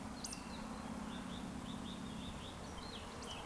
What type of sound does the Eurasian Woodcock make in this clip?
whistle